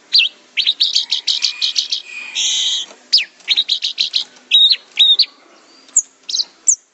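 Orange-headed thrush song: a fast, varied run of high sliding notes and buzzy chatter, then clear whistled notes that rise and fall, ending in a few sharp single notes.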